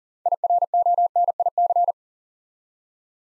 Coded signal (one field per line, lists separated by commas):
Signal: Morse code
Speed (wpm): 42 wpm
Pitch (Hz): 700 Hz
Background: none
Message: IRONIC